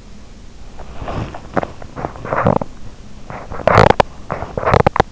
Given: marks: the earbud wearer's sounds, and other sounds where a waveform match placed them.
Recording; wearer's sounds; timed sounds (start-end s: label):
sounds in sleep by an in-ear microphone; teeth grinding
0.74-2.77 s: teeth grinding
3.21-5.12 s: teeth grinding